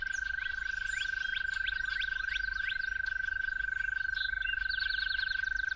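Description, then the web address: Steady toad trill runs on at one pitch, while birds add quick descending chirps and a fast repeated phrase near the end. Toads calling at dawn. "musicofnature Toads at Dawn"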